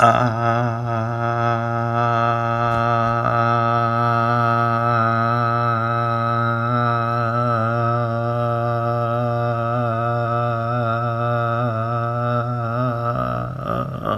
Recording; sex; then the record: sustained vowel /a/; male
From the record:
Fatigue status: no fatigue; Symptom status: symptomatic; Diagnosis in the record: COVID-19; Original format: m4a